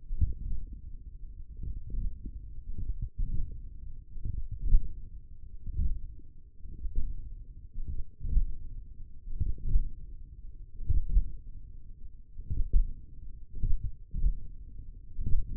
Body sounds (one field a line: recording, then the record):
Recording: forearm muscle sounds (acoustic myography)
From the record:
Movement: hand closing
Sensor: system 1, eight BSWA MPA416 microphones around the upper forearm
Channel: 2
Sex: male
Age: 42 years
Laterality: right